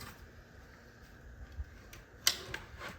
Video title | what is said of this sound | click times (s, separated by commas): SOUNDESIGN Keyboard Tray Installation | you'll hear it click in just do it a couple times and it's | 2.3 s